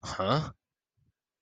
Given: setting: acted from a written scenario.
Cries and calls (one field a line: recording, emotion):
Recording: vocal sound without words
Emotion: negative surprise